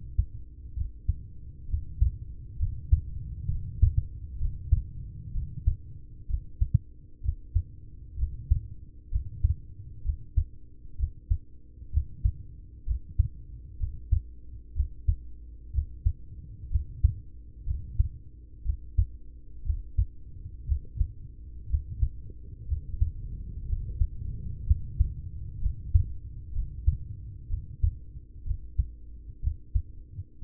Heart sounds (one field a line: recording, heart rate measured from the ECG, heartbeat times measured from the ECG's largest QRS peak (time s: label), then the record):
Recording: heart sounds by stethoscope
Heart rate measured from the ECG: 63 bpm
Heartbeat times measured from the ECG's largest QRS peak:
0.73 s: heartbeat
1.65 s: heartbeat
2.55 s: heartbeat
3.45 s: heartbeat
4.35 s: heartbeat
5.30 s: heartbeat
6.25 s: heartbeat
7.20 s: heartbeat
8.15 s: heartbeat
9.08 s: heartbeat
10.01 s: heartbeat
10.95 s: heartbeat
11.89 s: heartbeat
12.83 s: heartbeat
13.76 s: heartbeat
14.72 s: heartbeat
15.70 s: heartbeat
16.67 s: heartbeat
17.63 s: heartbeat
18.61 s: heartbeat
19.62 s: heartbeat
20.64 s: heartbeat
21.66 s: heartbeat
22.65 s: heartbeat
23.65 s: heartbeat
24.63 s: heartbeat
25.57 s: heartbeat
26.50 s: heartbeat
27.46 s: heartbeat
28.42 s: heartbeat
29.39 s: heartbeat
30.38 s: heartbeat
From the record:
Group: heart failure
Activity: rest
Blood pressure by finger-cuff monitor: 76/42 mmHg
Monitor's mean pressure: 53 mmHg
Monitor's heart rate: 64 bpm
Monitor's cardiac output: 5.7 L/min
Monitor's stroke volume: 90 mL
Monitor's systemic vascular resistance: 640 dyn s/cm5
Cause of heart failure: ischemic heart disease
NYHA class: 1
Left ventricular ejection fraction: 33%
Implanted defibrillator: present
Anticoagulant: apixaban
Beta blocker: carvedilol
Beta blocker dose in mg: 18.75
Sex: male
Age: 39 years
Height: 168 cm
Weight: 72 kg